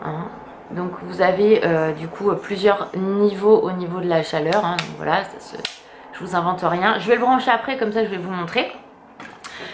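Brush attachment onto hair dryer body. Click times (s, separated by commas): 9.4 s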